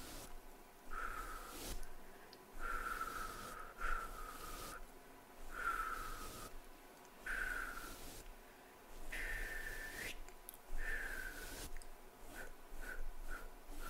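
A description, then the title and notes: Breathy mouth sounds come in short bursts about once a second or two, each a soft hissing puff with a faint whistly tone, separated by brief near-silent gaps. Near the end the bursts grow quicker and shorter. A quiet low hum sits underneath throughout. ASMR HAND MOVEMENTS LAYERED SOUNDS NO TALKING. HAND MOVEMENTS MOUTH SOUNDS.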